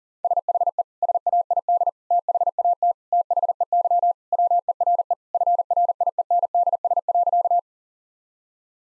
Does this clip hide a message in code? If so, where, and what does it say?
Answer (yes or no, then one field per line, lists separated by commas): yes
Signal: Morse code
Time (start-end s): 0.2-7.6 s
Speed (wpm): 40 wpm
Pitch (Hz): 700 Hz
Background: none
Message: SHE SAID THAT THEY WERE FRIENDS.